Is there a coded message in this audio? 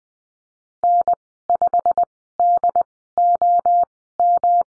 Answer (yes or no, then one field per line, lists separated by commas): yes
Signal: Morse code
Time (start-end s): 0.8-4.6 s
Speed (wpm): 20 wpm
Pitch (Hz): 700 Hz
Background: none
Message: N5DOM